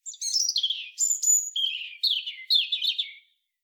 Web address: SETE Erithacus rubecula